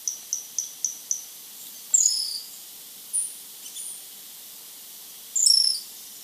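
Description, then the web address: Bronze-olive pygmy-tyrant call: a run of five quick high ticks, then several high buzzy notes and short thin slurs scattered throughout. Ecuador. "Birds of Ecuador. Bronze-olive Pygmy-Tyrant"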